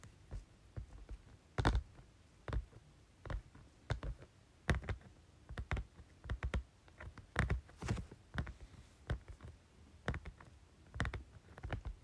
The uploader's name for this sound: Tapping Folder